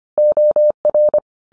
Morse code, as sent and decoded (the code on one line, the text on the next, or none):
--- .-.
OR